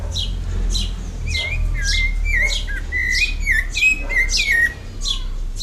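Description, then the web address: Rufous-bellied thrush song: short whistled phrases, some rising and falling, mixed with repeated sharp high chips and a low steady hum. Recorded in a botanical garden. "Museu Escola Ensino Fundamental. JD Botanico aves sons JB sabia-laranjeira"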